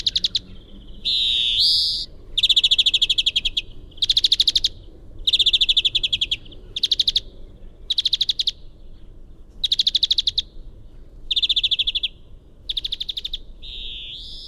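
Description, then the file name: European greenfinch giving a long series of rapid trill bursts with short gaps, opening with a wheezy rising note and closing with another nasal wheeze. "Chloris chloris"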